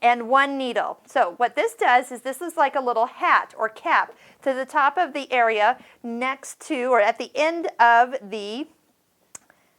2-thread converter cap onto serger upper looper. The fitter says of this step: So just push it down over on the side here. First get it to snap into place.